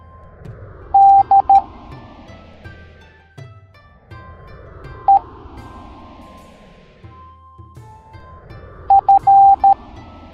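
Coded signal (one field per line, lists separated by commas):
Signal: Morse code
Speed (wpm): 13 wpm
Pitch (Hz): 790 Hz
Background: music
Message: D E F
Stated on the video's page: Morse code alphabet lesson for kids.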